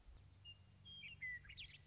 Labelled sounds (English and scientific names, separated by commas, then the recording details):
Western Meadowlark (Sturnella neglecta)
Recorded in Sonoma County, California